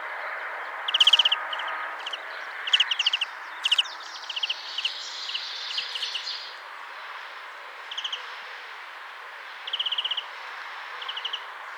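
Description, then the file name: European greenfinch giving repeated short trilled series of clipped notes, mixed with brief scratchy chirps early on, then spaced bursts of chatter, against light background noise. "Chloris chloris"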